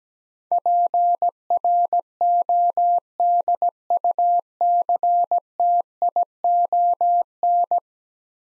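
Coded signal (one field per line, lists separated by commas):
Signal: Morse code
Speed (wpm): 17 wpm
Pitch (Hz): 700 Hz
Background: none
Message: PRODUCTION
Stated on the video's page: Morse practice drill of ten-letter words at 17 wpm, each sent, spoken, then sent again.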